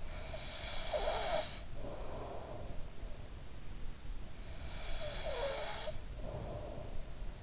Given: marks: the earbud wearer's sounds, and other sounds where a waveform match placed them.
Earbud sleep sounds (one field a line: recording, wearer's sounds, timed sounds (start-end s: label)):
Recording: sounds in sleep by an in-ear microphone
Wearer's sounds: breath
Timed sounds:
0.00-2.97 s: breath
3.94-7.37 s: breath